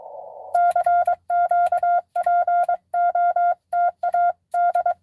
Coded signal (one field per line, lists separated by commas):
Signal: Morse code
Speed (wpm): 23 wpm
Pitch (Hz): 700 Hz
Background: none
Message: CQ POTA D